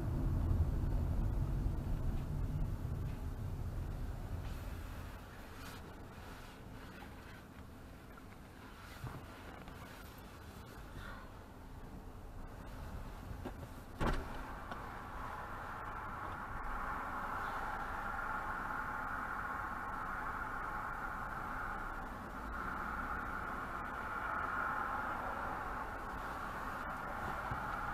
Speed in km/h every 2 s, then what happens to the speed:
26, 18, 8, 0, 0, 0, 0, 0, 0, 0, 0, 0, 0, 0.
0-5 brakes to 0. 5-28 standing.